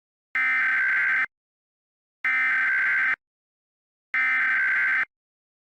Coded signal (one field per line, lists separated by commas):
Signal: Emergency Alert System (SAME) tones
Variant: header bursts